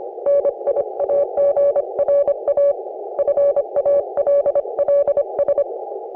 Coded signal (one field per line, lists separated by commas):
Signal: Morse code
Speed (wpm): 30 wpm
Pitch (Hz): 560 Hz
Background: none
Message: NIAGRA FALLS